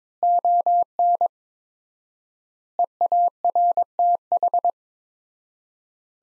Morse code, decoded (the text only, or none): ON EARTH